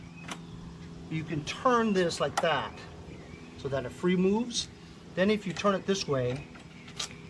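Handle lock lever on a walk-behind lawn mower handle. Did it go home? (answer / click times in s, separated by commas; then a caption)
no / none. On a 2020 Honda HRN216VKA 21-inch self-propelled walk-behind lawn mower with a GCV170 engine, the quick-release handle lock lever is being turned to set the handle height while someone talks. A few brief clicks and knocks from the handling are heard near 0.3 s and 7.0 s, but the lever has not yet been turned horizontal, so nothing has clicked into place or locked yet.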